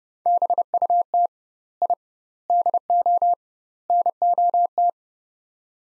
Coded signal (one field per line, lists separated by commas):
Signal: Morse code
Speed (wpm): 30 wpm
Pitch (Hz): 700 Hz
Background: none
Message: BUT I DO NOT